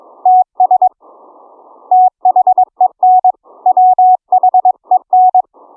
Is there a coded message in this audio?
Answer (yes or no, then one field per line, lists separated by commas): yes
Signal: Morse code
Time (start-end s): 0.3-5.4 s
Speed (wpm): 22 wpm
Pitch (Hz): 740 Hz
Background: none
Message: TS THEN WHEN